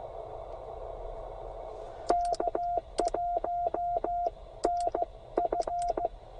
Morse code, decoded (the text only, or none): K1NF